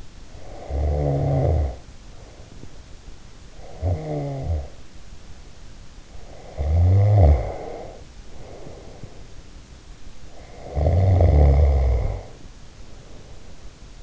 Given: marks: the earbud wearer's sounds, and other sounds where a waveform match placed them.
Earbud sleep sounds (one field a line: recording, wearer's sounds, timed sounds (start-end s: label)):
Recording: sounds in sleep by an in-ear microphone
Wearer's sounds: snoring breath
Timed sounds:
0.04-2.90 s: snoring breath
3.29-5.37 s: snoring breath
6.20-9.55 s: snoring breath
10.13-13.87 s: snoring breath